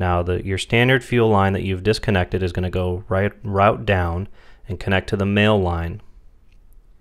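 Someone talks while handling the disconnected standard fuel line, routing it down to connect its plastic quick-connect coupling onto the male fuel line fitting of a Visconti Flex Fuel V2 kit. Speech fills most of the clip before falling to near quiet, with two faint brief ticks at 6.5 s and 6.7 s. Nothing has seated or clicked in yet.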